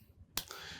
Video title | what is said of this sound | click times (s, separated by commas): CSX Field Strip & Reassembly | and when you fill that phillips snap in place and sit in its proper recess here you know it's in alignment you're good to go | 0.4 s